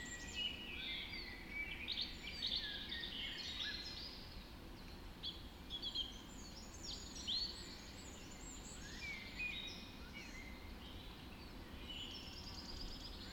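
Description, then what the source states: Birds in a dawn chorus, many overlapping high twittering and warbling songs throughout, over a steady low rumble of background noise. Dawn chorus recorded just after dawn in the Forest of Dean.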